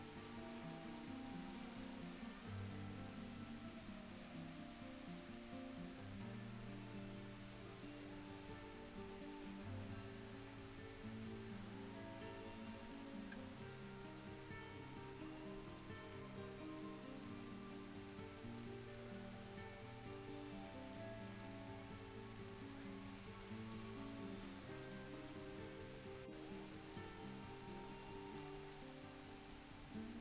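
Rain falls steadily throughout, a dense, even patter with no pauses. Beneath it, a guitar plays sustained low and mid notes that change every second or two, forming a slow, continuous melodic line. A brief sharp click stands out near 26 seconds.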